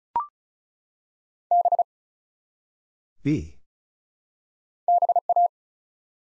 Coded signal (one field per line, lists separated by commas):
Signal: Morse code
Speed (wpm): 36 wpm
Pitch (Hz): 700 Hz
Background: none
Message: B BA